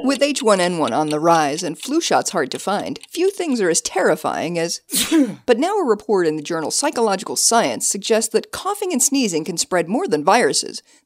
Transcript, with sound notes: With H1N1 on the rise and flu shots hard to find, few things are as terrifying as [sneeze sound] But now a report in the journal Psychological Science suggests that coughing and sneezing can spread more than viruses.